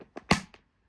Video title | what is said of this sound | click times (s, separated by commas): How to Build a PC | you heard the click and that means the R's installed | 0.3 s